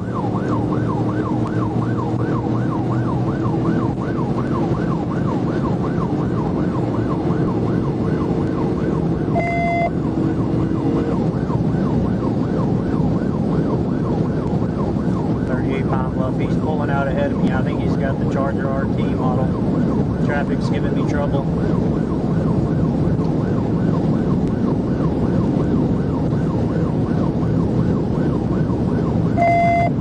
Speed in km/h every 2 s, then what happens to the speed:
167, 175, 184, 190, 195, 198, 203, 208, 209, 211, 214, 216, 219, 222, 224.
0-30 speeds up to 224.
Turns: none.